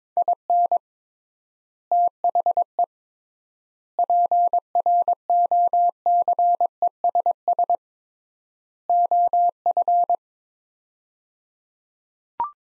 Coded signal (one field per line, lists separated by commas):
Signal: Morse code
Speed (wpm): 21 wpm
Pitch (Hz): 700 Hz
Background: none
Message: IN THE PROCESS OF